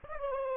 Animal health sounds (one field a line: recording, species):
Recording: mosquito wingbeat signal from an infrared sensor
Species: Aedes aegypti